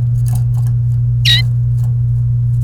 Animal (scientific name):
Serinus canaria